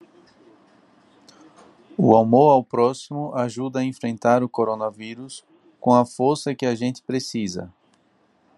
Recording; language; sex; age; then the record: spoken sentence; Brazilian Portuguese; male; 30 to 39 years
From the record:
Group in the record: control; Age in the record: 33 years